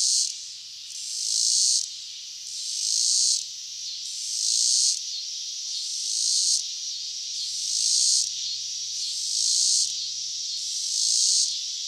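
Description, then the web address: Robinson's cicada song: rasping buzzy pulses rising and falling about every 1.6 seconds over a steady background drone. North America. "Songs of Insects. Robinsons Cicada"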